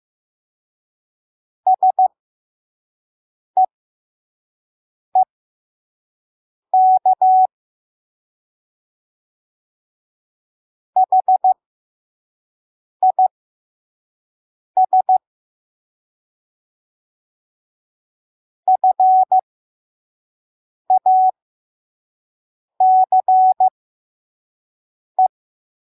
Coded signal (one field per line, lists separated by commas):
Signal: Morse code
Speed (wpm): 15 wpm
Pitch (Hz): 750 Hz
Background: none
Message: SEEK HIS FACE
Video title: MORSE CODE SCRIPTURE: 1 Chronicles 16:11 @ 5wpm